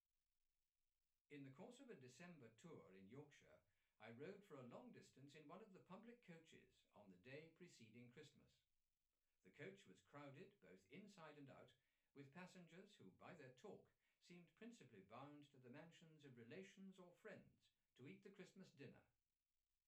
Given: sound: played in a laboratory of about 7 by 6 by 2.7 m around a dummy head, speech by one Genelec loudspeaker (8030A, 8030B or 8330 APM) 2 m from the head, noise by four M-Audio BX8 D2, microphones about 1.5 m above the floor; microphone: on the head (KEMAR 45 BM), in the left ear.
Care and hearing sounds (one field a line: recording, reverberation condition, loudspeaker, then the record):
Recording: male speech in English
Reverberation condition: low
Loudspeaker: 90 degrees to the right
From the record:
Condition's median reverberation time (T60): about 310 ms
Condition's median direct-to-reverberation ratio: about 3.5 dB